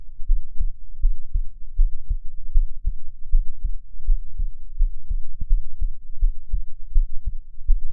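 Steady, regular paired low thumps, the first and second heart sounds, at about 78 beats a minute over a low constant hum. An adult human heartbeat picked up by ultrasound, with an even rhythm throughout.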